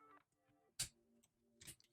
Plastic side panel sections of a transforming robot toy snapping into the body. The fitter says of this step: until they do snap into place take these pieces here